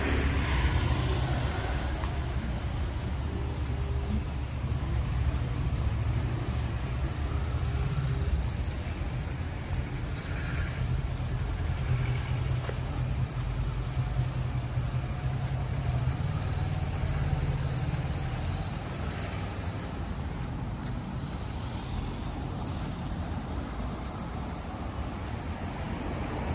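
Street sounds while walking in Tel Aviv: a constant low rumble of passing cars and engines fills the whole stretch, thickest in the first eight seconds. Brief brighter clatters and faint clicks surface now and then, around ten, thirteen and twenty-one seconds.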